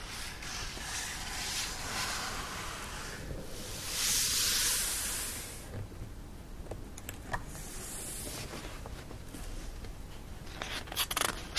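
Book pages being turned, with a soft, continuous papery rustle throughout. Louder swishing sweeps come around four to six seconds and again near eight seconds, and sharper crackles and flicks of paper cluster toward the end.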